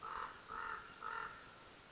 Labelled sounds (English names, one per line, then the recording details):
Common Raven
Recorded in Sonoma County, California